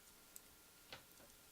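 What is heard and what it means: The blade of a Seal Team Six assisted-opening tactical folding knife is opened again, with a short sharp tick at 0.4 s and a broader snap at 0.9 s over a quiet background. The liner lock has not engaged, so the blade is not locked open.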